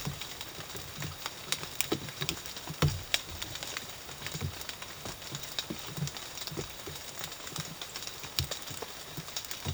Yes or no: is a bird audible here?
no